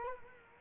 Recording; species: mosquito wingbeat signal from an infrared sensor; Culex quinquefasciatus